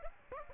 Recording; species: mosquito wingbeat signal from an infrared sensor; Aedes aegypti